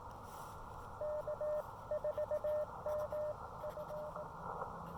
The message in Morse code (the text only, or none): K4MF